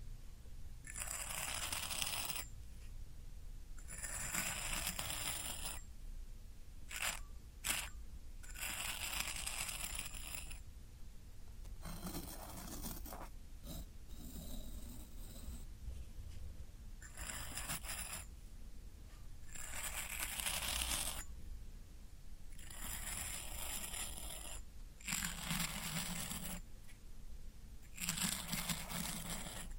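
Floral foam is worked in repeated crunchy, scraping strokes, each lasting a second or two with short pauses between, roughly every two to three seconds. Around the middle come a few quicker, sharper crackles. A low, steady rumble runs underneath throughout.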